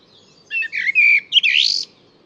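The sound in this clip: Single brief bird phrase of slurred whistled notes rising into a higher chirpy flourish.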